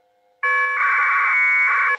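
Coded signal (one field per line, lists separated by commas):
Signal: packet radio (AX.25, as in APRS)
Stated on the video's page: APRS position reporting used in an emergency service digital net training session, alongside voice, VARA FM and Winlink.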